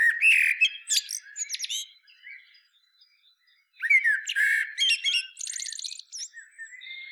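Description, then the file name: Common blackbird singing: a mellow whistled phrase ends in high scratchy twittering, a pause, then another fluty phrase with a rapid squeaky flourish. "Turdus merula"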